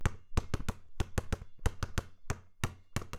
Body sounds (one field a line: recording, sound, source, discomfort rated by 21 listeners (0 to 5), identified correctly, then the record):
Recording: sound for misophonia research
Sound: basketball dribbling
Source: not oral or nasal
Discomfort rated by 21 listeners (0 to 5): mean 0.55, standard deviation 0.72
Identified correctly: in 40 of 42 trials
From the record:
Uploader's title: BasketballRhythm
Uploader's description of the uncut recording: The sound of my dribbling a basketball to a beat.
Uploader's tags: Bounce, Rhythm, Basketball